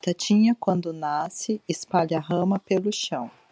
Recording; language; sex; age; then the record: short text; Brazilian Portuguese; female; 30 to 39 years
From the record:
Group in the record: control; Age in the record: 37 years